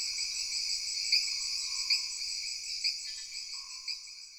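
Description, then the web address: Insects shrilling high and steady, with a few stronger pulsed accents, fading slightly toward the end, with soft lower hums. Jungle background ambience of insects. "Sony Pictures Sound Effects Series Backgrounds Jungle Insects With Frogs"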